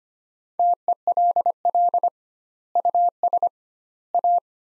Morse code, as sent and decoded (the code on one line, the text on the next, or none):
- . .-.. .-.. / ..- ... / .-
TELL US A